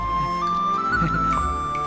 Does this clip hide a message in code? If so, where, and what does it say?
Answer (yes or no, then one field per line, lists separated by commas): no